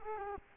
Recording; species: mosquito wingbeat signal from an infrared sensor; Culex quinquefasciatus